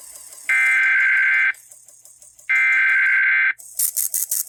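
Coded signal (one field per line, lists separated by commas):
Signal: Emergency Alert System (SAME) tones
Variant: header bursts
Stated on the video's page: Broadcast radio Required Monthly Test from local stations.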